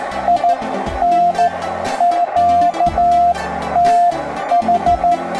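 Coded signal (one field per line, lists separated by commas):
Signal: Morse code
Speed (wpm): 13 wpm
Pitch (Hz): 700 Hz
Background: music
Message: IN QTH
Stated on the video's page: QRP CW at 5 W on HF using a nearly invisible emergency antenna with tuner, 40 to 10 metre bands, contact with Spain.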